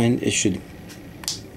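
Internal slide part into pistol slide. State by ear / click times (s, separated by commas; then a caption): seated / 1.3 s. Someone talks while a small metal internal part is pushed into a steel Glock pistol slide during reassembly. A sharp click at 1.3 s marks the part seating into place in the slide.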